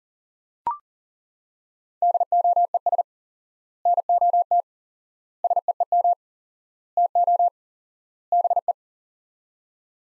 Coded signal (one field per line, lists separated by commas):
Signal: Morse code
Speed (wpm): 40 wpm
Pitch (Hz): 700 Hz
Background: none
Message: DOES NOT SEEM TO BE